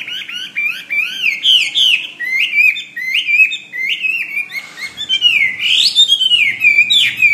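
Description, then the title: Bird song, a continuous run of rapid chirps and slurred whistled notes, jumping up and down in pitch without pause. "SuaraBurung Kicau"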